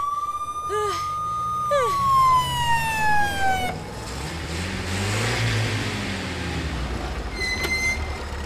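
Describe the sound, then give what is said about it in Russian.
A police UAZ vehicle arriving, its siren holding a loud, steady wail with a couple of quick yelps, then sliding down in pitch and cutting off, leaving engine rumble and road noise with a brief chirp near the end. “подъезжает УАЗик с полицией.”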